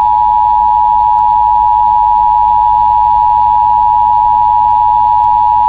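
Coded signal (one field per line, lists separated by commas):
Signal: Emergency Alert System (SAME) tones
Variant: 853 and 960 Hz attention tone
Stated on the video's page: Fictional EAS and EBS alerts made for entertainment, themed on horror films.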